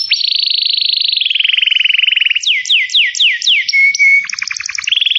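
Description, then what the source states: Canary song: a fast trill dropping in pitch, then a series of slurred downward sweeps, a thin whistle and a rapid chattering tour. Song used to lure birds.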